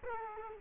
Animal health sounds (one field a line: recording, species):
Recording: mosquito wingbeat signal from an infrared sensor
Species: Culex quinquefasciatus